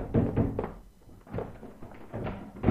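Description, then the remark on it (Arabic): A door is pushed shut with a series of dull wooden thumps and knocks, several heavy bumps at an uneven rhythm followed by a final louder thud. “افتح يا غلام، اغلق الباب.”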